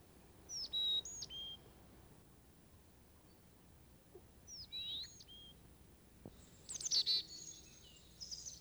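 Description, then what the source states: Chickadee song, two high whistled phrases, followed by a brief louder burst of sharp chirps near the end. Sweet song.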